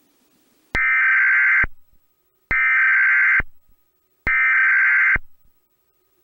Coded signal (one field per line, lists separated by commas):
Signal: Emergency Alert System (SAME) tones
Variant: header bursts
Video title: I Interrupt MajuGamer UTTP THDTC's Video With Michigan EAS